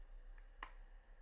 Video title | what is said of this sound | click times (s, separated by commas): Poetic NEON & REVOLUTION Cases Review – Best iPhone 16 Cases? | when you go to close it, like you get it there, but you have to push it in and it kind of clicks, like it snaps in, which, | 0.6 s